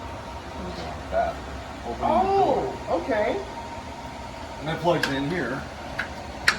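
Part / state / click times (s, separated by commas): charger cable plug into forklift battery connector / seated / 6.5 s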